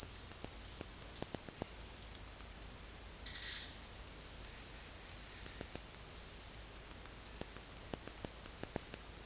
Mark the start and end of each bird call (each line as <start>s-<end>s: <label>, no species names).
3.22s-3.71s: bird call